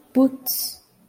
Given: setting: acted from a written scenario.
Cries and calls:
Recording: vocal sound without words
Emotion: negative surprise

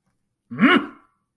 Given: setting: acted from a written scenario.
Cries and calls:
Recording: vocal sound without words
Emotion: triumph

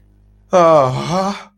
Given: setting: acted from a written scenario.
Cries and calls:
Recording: vocal sound without words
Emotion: distress

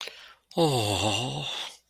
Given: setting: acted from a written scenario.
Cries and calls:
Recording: vocal sound without words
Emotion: elation

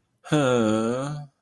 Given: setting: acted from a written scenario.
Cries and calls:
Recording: vocal sound without words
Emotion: guilt

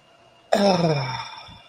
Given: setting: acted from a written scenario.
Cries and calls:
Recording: vocal sound without words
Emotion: contentment

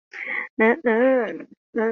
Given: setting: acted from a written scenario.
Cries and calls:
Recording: vocal sound without words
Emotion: interest

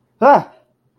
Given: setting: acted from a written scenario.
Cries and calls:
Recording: vocal sound without words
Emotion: negative surprise

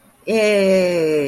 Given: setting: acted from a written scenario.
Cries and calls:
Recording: vocal sound without words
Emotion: elation

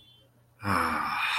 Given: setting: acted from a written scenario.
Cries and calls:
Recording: vocal sound without words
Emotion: serenity

